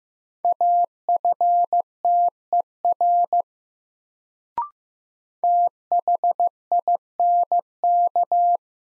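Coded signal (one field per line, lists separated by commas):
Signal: Morse code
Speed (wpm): 15 wpm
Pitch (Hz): 700 Hz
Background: none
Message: AFTER THINK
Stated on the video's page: Morse new-word head-copy drill at 15 wpm; each word sent, spoken, then sent again.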